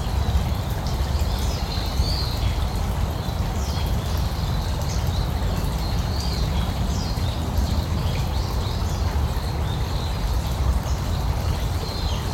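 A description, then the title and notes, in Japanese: A small stream babbles steadily in a park in the morning, its rushing water forming a dense, even wash that stays level throughout. Above it, small birds chirp and twitter in short, thin calls every second or so. 小川のせせらぎ。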